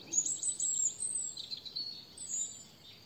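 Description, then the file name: European robin singing a high, thin warbling phrase of quick varied notes and trills, with a second brief high phrase near the end. "Erithacus rubecula"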